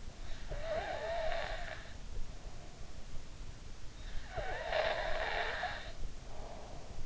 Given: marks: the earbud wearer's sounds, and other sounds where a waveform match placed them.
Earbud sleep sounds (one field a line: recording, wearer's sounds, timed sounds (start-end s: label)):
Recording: sounds in sleep by an in-ear microphone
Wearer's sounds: breath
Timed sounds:
0.38-3.22 s: breath
4.39-7.06 s: breath